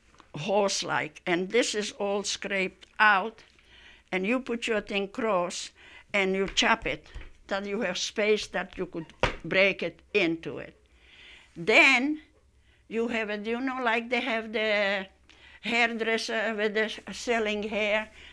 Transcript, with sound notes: horse like, and this is all scraped out and you put your thin cross, and you chop it, 'til you have space that you could (slaps table) break it into it. Then you have, do you know like they have the hairdresser, where they're selling hair?